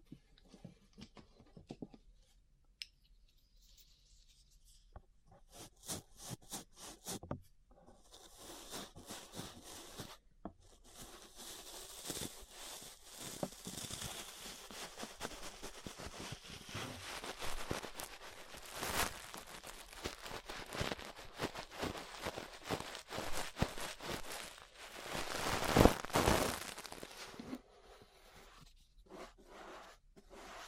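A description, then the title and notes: Ear brushing: bristles sweep in soft, crackling scratches, sparse at first with separate strokes, then thickening after about ten seconds into a dense, bright rustle. Strokes vary in speed and strength, with a louder, fuller brush burst around 25 seconds. ASMR Relaxing 3Dio Ear Brushing (No Talking).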